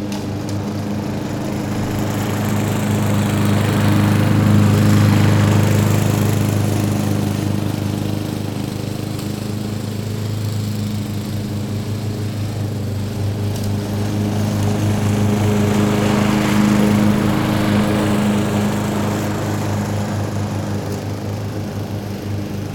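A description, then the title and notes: A lawn mower drones with a steady low engine hum, swelling louder around five and sixteen seconds as it passes, then fading between. Cutting Grass Mowing Sounds.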